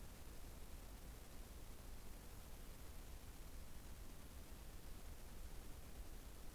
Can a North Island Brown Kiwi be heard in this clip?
no